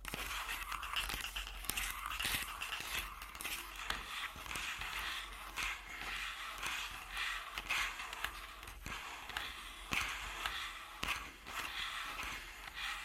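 Tapping and scratching on a body, a dense run of quick dry scrapes and rubs with sharp taps scattered through, about once or twice a second. The sound is bright and crackly with little low end, steady in level from start to finish.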